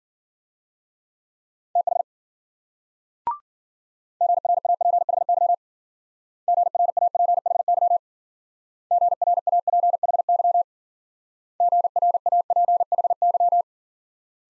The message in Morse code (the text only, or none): TH GRAPHY GRAPHY GRAPHY GRAPHY